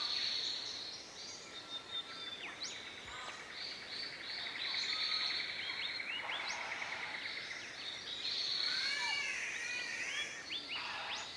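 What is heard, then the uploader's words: A dense chorus of rainforest birds in the Daintree calls over a steady high hiss of insects. Bright chirps, whistles and quick trills overlap throughout, with a cluster of rising whistled notes near the end, while a low rumble stays beneath. The Daintree Rainforest in Queensland Australia.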